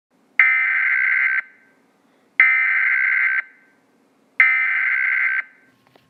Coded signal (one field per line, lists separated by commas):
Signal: Emergency Alert System (SAME) tones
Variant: header bursts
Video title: EAS MOCK #2: Flood Watch (Valid Tones)